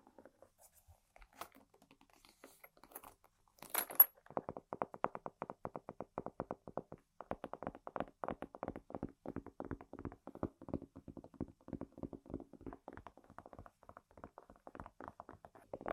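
Dry tapping on objects, starting with a few sparse knocks and a sharp scrape near four seconds, then settling into quick, fairly regular fingertip taps. The taps sound low to mid in pitch and carry on steadily to the end over a quiet background.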